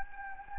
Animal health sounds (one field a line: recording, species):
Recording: mosquito wingbeat signal from an infrared sensor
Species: Anopheles gambiae